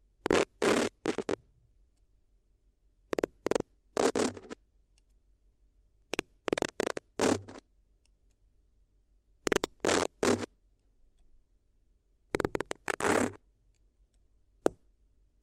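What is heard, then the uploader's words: Paper is rubbed and crinkled in short, scratchy bursts that reach from low rustle up to bright, hissy crackle. The bursts come in clusters about every three seconds, with near silence between them, and a single sharp tap lands near the end. ASMR If You Had Paper Ears (No Talking).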